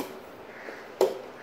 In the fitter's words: do this until you hear a click sound that means the push bar attachment has locked into place